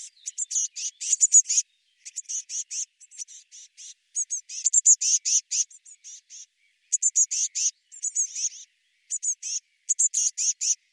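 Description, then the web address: Eurasian blue tit calling almost continuously in high, thin, rapid note clusters, the phrases separated by brief gaps, with some notes slurring downward. "cianscape birddata Deverinetal 2025 File cleaned normalized Bird Cy Ca"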